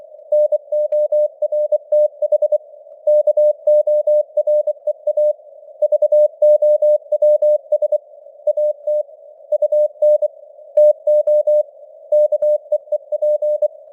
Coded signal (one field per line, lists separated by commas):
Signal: Morse code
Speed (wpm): 24 wpm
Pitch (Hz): 600 Hz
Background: none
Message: NORTH KOREA VOWS AT UN TO KEEP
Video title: Morse Code News | 2025-09-30 | 24wpm